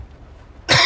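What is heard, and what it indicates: A single abrupt, harsh adult male cough bursts out after a brief quiet moment, in the middle of speech; an ordinary isolated cough.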